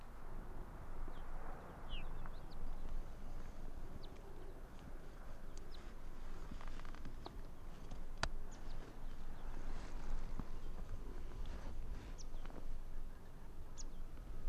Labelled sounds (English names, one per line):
Arctic Fox